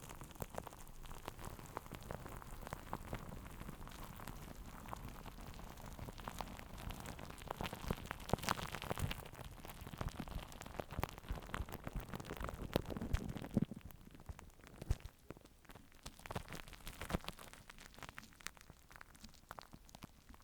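Plastic wrap crinkles and rustles against a microphone in a dense, continuous crackle that sounds like rain pattering on a surface. The rustling swells into louder, fuller bursts around eight and thirteen seconds, then thins out and turns sparser and quieter after fourteen seconds.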